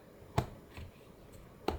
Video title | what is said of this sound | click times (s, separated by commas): An E-Reader Unboxing - Decision Made! | not a lot to it. Snaps in place. | 1.7 s